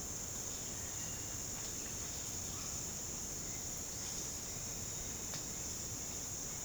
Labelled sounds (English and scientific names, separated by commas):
none